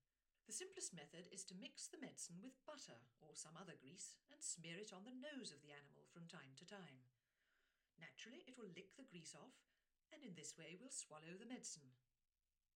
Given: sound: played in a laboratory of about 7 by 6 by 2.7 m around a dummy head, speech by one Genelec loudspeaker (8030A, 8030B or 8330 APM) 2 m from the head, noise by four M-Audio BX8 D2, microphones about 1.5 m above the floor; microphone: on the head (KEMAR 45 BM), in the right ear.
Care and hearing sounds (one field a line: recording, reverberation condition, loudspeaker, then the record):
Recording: female speech in English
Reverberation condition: low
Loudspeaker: 60 degrees to the right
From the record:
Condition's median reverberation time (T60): about 310 ms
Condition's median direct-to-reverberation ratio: about 3.5 dB